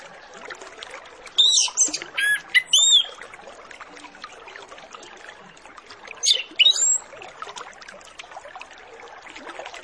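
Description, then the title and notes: Orange-headed Thrush song: two bursts of rich, rapidly changing whistles and harsher notes, the first longer, separated by several seconds of steady background hiss. Full-fill master recording used as a lure to get Orange-headed Thrushes to sing quickly and openly. "Masteran Anis Kembang Full Isian Untuk Suara Pancingan Anis Kembang Agar Cepat Ngeplong. Suara Burung Anis Kembang"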